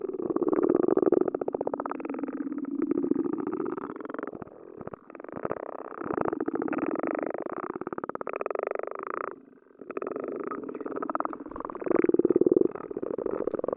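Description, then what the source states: Frogs calling underwater, with long rattling trains of rapid pulses that swell and fade in overlapping bouts. Frogs recorded underwater with a hydrophone.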